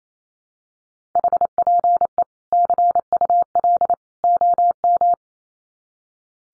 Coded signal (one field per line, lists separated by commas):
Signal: Morse code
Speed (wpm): 28 wpm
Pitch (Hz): 700 Hz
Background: none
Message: HPE CUL OM